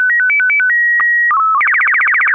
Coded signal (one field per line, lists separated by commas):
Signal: SSTV (slow-scan television)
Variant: Robot BW 8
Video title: Slow Scan Radio, 19 September 2018, with SSTV and data